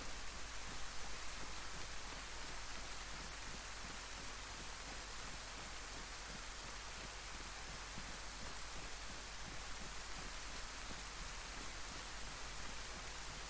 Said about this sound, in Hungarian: Jó sokat kutyagolok most már az esőben, őrület.